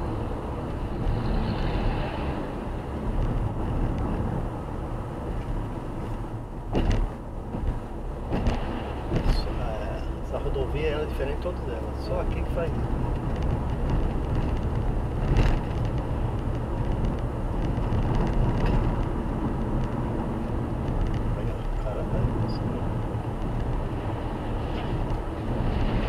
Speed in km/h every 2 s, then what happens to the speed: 77, 76, 71, 70, 71, 73, 76, 77, 80, 82, 82, 85, 87.
0-6 slows to 70. 6-26 speeds up to 87.